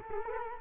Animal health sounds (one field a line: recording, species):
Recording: mosquito wingbeat signal from an infrared sensor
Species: Culex quinquefasciatus